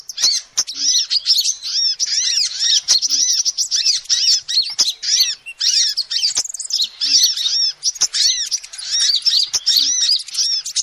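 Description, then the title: Lovebird chatter of shrill squeaks and rising-falling chirps, coming in dense bursts with brief gaps and a few clicks. Lovebird calls used as a lure to trap birds. "PIKAT BURUNG LOVEBIRD"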